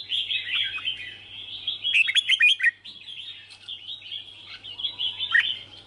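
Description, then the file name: Red-whiskered bulbul song: busy, high twittering with a cluster of emphatic slurred notes around two seconds and a single loud falling note near the end. Song of the 'hót chè' style. "Tieng chao mao hot che"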